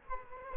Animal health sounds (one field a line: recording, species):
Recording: mosquito wingbeat signal from an infrared sensor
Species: Culex quinquefasciatus